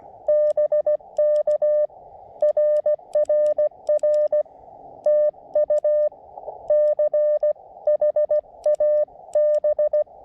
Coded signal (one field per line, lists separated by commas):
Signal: Morse code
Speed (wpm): 16 wpm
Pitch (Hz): 590 Hz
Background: none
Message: BK RRR TU CHAB